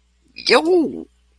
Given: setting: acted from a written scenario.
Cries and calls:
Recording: vocal sound without words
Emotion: pain

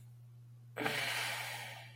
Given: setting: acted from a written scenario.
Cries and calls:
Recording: vocal sound without words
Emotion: contentment

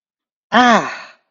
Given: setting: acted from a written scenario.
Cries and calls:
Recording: vocal sound without words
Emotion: pain

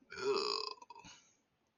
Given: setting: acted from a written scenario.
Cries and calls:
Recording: vocal sound without words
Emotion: disgust

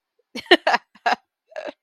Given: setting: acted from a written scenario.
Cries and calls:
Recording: vocal sound without words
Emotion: amusement

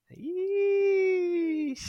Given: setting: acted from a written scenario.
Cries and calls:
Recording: vocal sound without words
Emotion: pride

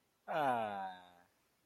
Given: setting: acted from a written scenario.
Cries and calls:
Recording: vocal sound without words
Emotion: adoration

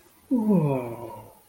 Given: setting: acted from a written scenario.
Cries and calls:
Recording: vocal sound without words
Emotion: awe

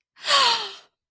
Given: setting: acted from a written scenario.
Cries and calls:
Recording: vocal sound without words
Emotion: elation

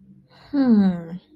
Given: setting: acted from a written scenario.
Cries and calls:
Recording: vocal sound without words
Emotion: confusion

